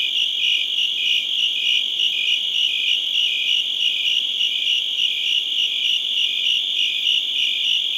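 Cricket chorus with evenly pulsed high chirps, a bright upper overtone beating in time over a constant trilling drone.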